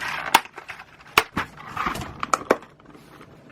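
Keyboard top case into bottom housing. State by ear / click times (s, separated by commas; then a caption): seated / 0.3 s, 1.2 s, 2.2 s, 2.3 s, 2.5 s. After all the plastic keycaps are refitted, a keyboard's upper plate/case is pressed back onto the lower circuit board housing. Sharp plastic clip snaps ring out at 0.4, 1.2, 2.2, 2.3 and 2.5 seconds over soft handling rustle. Everything ends up clipped in and seated.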